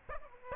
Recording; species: mosquito wingbeat signal from an infrared sensor; Aedes aegypti